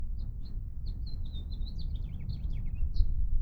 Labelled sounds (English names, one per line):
House Finch song